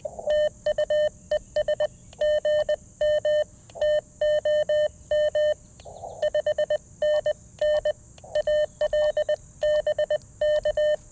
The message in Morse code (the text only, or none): TU ES GM TOM 5NN AL BK